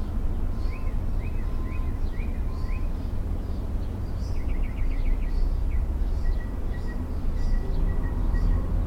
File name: mockingbird